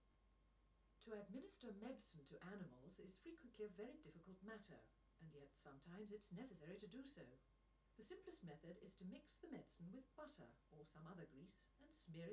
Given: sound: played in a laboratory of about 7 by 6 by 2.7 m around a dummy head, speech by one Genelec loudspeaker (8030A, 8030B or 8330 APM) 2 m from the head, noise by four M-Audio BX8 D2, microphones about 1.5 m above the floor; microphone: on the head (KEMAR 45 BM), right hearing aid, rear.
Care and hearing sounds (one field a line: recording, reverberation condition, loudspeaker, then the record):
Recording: female speech in English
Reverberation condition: low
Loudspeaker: 150 degrees to the left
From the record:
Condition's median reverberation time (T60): about 310 ms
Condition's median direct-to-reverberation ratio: about 3.5 dB